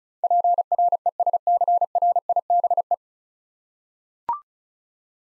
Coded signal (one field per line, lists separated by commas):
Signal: Morse code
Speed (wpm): 35 wpm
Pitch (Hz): 700 Hz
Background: none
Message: PRESCRIBE